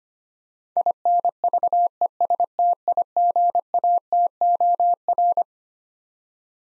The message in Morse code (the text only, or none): INVESTIGATOR